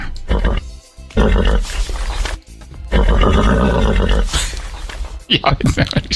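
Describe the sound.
A horse neighs loudly in several long, shrill whinnying bursts with brief pauses between them, followed by people talking.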